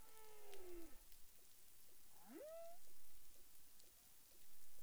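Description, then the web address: Humpback whale song units: a harmonic moan sliding downward, then a smooth upsweep rising steeply, over a constant crackling, rain-like hiss. Recorded in the Caribbean on 30 January 2021 at 12:54 UTC. "humpback whale 20210130 125458 UTC"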